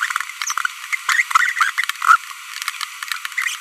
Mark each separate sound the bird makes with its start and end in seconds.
1.09-1.22, 1.57-1.70, 1.78-1.84, 2.02-2.16